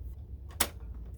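On a BERNINA sewing machine, the rotary hook has been put back into the hook race and the bobbin race door closed, and pressure is held on the door while the hand wheel is turned slowly. A faint tick at 0.5 s is followed by a sharp click at 0.6 s as the hook snaps into its seat in the hook race.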